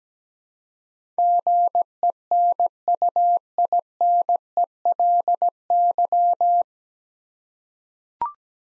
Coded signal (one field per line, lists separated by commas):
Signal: Morse code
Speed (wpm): 17 wpm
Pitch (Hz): 700 Hz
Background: none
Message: GENUINELY